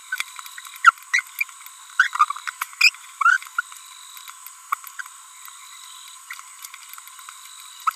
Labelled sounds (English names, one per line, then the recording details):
Green-rumped Parrotlet babbling
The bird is a female
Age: 30 days
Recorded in a nest box in Venezuela
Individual 17B42B3